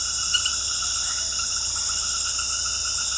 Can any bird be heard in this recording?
no